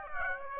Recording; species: mosquito wingbeat signal from an infrared sensor; Aedes aegypti